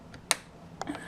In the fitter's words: pops right in